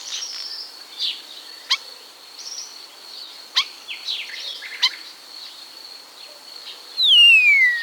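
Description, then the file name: Common starling song of soft chatter punctuated by sharp clicks, ending with a loud whistle that glides smoothly downward. "bioakusztika seregely"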